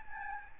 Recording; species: mosquito wingbeat signal from an infrared sensor; Aedes albopictus